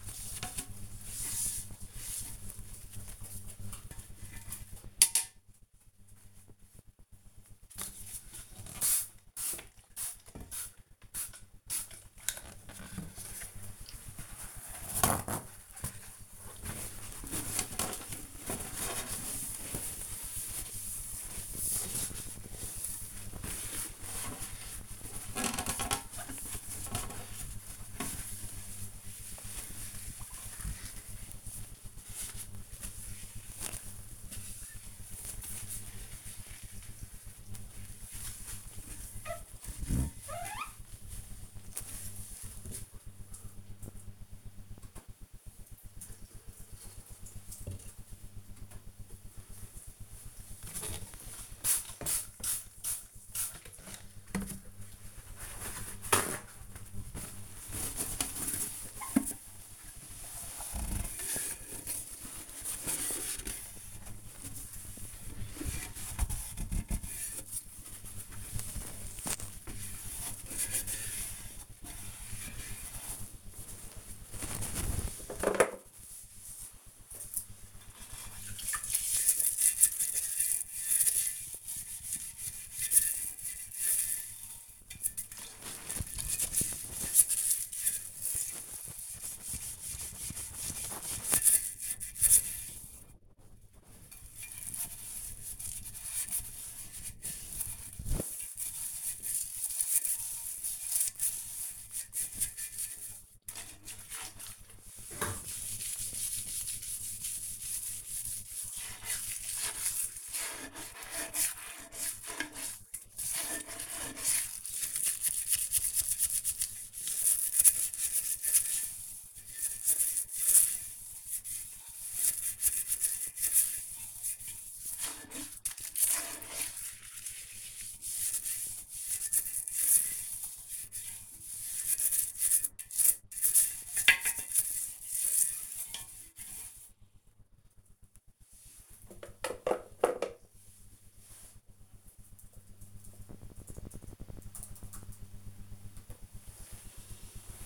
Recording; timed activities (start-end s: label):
household activities, microphone on the right wrist
0.00-44.42 s: bathroom cleaning (toilet)
48.43-138.99 s: bathroom cleaning (toilet)
146.05-147.66 s: bathroom cleaning (toilet)